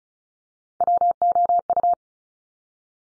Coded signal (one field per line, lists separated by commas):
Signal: Morse code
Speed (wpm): 36 wpm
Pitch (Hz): 700 Hz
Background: none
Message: WOU